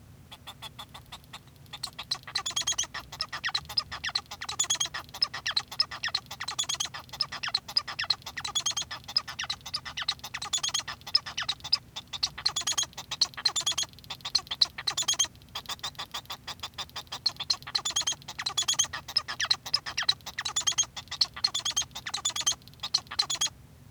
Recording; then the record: song of a male Bengalese finch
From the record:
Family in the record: son of father 1